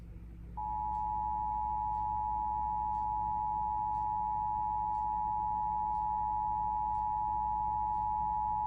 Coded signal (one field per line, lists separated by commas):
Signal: Emergency Alert System (SAME) tones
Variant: 853 and 960 Hz attention tone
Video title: 2021 National EAS Test on 89.5 KWGS Tulsa, OK